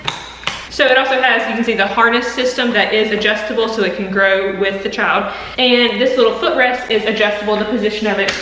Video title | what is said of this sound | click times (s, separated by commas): MOCKINGBIRD SINGLE-TO-DOUBLE STROLLER // FIRST IMPRESSION | penny leather color or whatever color that you choose and it just snaps back in | 0.1 s, 0.5 s